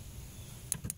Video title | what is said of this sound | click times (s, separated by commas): 2002 4.7 liter spark plug removal and installation | until it clicks again ok there's | 0.7 s